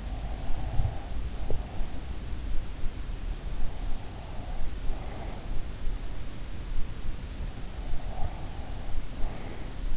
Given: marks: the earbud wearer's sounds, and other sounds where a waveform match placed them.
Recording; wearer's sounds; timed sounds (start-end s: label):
sounds in sleep by an in-ear microphone; breath
0.00-1.90 s: breath
8.01-9.66 s: breath